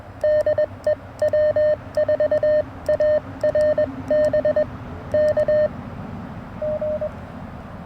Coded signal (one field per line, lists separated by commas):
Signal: Morse code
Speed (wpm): 21 wpm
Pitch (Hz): 610 Hz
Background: none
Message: DE W4ARB K G